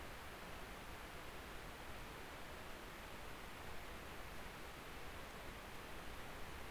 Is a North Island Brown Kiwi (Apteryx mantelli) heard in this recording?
no